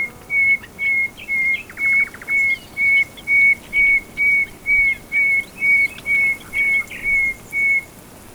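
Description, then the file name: Common nightingale: a long, steady run of pure whistled notes on one pitch, roughly two per second, with faint chips and a brief rattle from other birds behind. "Luscinia megarhynchos"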